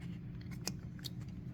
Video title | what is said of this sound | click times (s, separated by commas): SOLVED! 2012 HYUNDAI GENESIS 4.6L Crank Sensor & Vent Valve Replacement | a very light click and now that's secure | 0.7 s